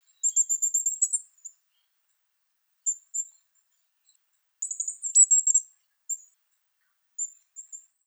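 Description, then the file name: Coal tit giving very high, thin rapid series of notes in several bursts separated by pauses. "higara"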